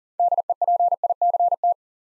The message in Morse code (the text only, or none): DEPICT